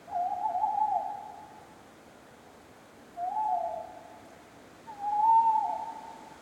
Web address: Justsoundeffects - Forest Ambiences. Spring Night Deciduous Forest Many Tawny Owls Wind Leaves Rustling